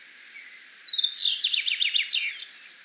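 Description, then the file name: Common chaffinch song: one phrase, a quick series of notes dropping in pitch and ending with a short flourish. "Fringilla coelebs"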